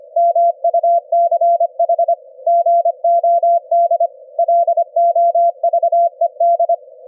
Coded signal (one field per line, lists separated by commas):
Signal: Morse code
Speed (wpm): 25 wpm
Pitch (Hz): 680 Hz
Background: none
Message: MUCH GOD LOVED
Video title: sending Morse Code on the ELF BAND at 25 hertz at 25 wpm - receive with QUISK SDR